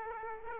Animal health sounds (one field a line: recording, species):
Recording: mosquito wingbeat signal from an infrared sensor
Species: Aedes aegypti